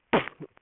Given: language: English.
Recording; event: throat vibration sensor signal played as sound; cough